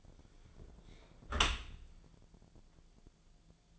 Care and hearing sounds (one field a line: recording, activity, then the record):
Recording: daily activity, microphone in the room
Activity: close dishwasher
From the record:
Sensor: 5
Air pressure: 1000.6 hPa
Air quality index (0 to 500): 150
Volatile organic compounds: 2 ppm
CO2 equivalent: 1153 ppm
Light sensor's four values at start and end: 41/92/40/43 and 41/92/40/43